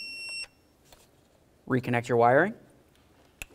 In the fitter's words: listen for that click give it a tug